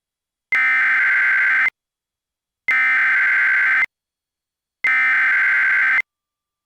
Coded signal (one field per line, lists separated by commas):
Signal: Emergency Alert System (SAME) tones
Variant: header bursts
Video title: EAS Recreation (REMAKE): February 6th, 2020 - PDS Tornado Warning for Charlotte, NC